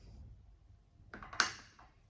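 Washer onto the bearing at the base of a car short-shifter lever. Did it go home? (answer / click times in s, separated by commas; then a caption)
yes / 1.4 s. A washer is pressed onto the side of the dual bearing at the bottom of a short-shifter lever being installed on a Skyline 350GT/370GT. A few small sharp ticks come at about 1.1 to 1.3 s, then a loud sharp snap at 1.4 s as the washer snaps into place, followed by faint ticks. The washer is seated.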